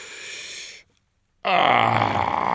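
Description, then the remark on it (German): A short hiss cuts off into a moment of silence, followed by a mighty burp from a huge feeding dragon after it swallows a whole roasted ox: a loud, long, rasping belch with a low, growling tone that holds for over a second. “Dann folgt ein mächtiger Rülpser.”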